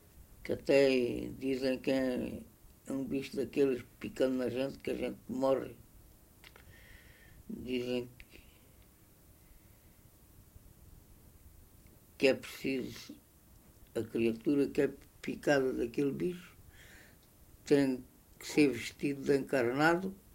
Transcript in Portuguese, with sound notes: Que até dizem que em um bicho daqueles picando na gente, que a gente morre. Dizem que [pausa] que é preciso a criatura que é picada daquele bicho tem que ser vestida de encarnado